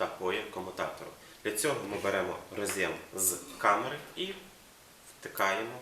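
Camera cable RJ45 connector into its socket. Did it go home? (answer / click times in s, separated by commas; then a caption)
no / none. Someone talks while the RJ45 connector on a camera cable is taken up to be pushed into its socket to connect the camera to the switch. Only speech and faint handling sounds are heard, and the connector has not seated or clicked yet.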